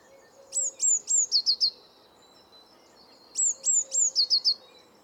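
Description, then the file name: Eurasian blue tit: high sharp tsee notes running into a short fast trill, given twice, with a soft low background drone. "Cyanistes caeruleus"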